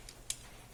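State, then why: Seated. During the transformation of a small plastic Tobot Mini robot toy, the leg and body parts are pressed together until they lock. A faint tick comes at about 0.1 s, then a sharp plastic click at 0.3 s as the parts clip together and lock into place.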